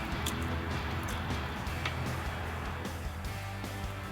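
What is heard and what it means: The factory harness connector is handled and pushed back toward the transmission control module of a 2019-2021 V8 Silverado 1500 while a Diablosport inTune 3 tuner with ECM and TCM unlock is being installed. Handling sounds are heard, with short sharp knocks at 0.3 s and 1.9 s over a steady background with music. Nothing has seated or clicked yet.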